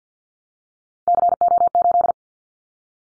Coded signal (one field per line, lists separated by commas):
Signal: Morse code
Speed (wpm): 48 wpm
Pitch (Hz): 700 Hz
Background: none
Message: CO8